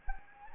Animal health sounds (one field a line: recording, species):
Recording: mosquito wingbeat signal from an infrared sensor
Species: Anopheles gambiae